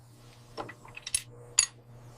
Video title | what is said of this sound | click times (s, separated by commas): Restoring Stalin's KV-2 Monster Tank Frozen in Siberia for 80 Years — The Beast Still Works | There's the click. | 1.6 s